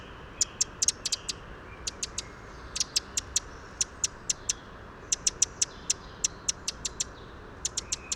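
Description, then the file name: Eurasian wren giving sharp, dry ticking calls in irregular bursts, some notes doubled or tripled, with short pauses between runs over a steady soft background hiss. "Troglodytes troglodytes"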